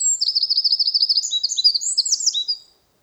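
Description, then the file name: Eurasian wren song opening with a fast, regular rippling trill, followed by a tumble of sharp high chirps that fades out. "Troglodytes troglodytes"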